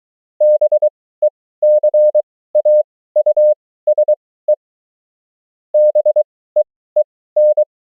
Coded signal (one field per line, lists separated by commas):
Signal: Morse code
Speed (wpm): 23 wpm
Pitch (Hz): 600 Hz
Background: none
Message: BECAUSE BEEN